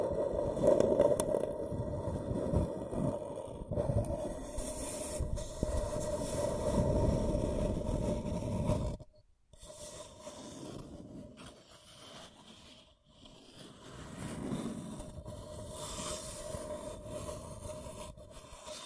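Scratching and tracing across a surface, a dense, gritty rasp with a low rumble and a steady ringing tone underneath. The first nine seconds are loud and busy; then the sound cuts out abruptly and returns quieter, with softer strokes swelling around fourteen to sixteen seconds.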